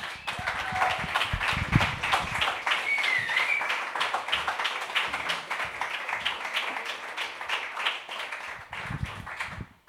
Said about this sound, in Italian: Ma sai che secondo me stasera è la sera buona, quindi facciamo un grandissimo applauso